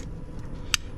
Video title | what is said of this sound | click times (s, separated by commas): 2020-2023 L5P Duramax EvoHT2 Installation | you'll hear it click and then you want to make sure you depress that red keeper so that it's won't come loose and | 0.7 s